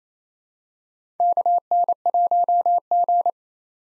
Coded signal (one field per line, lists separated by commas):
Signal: Morse code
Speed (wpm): 28 wpm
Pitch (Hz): 700 Hz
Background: none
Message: KN1G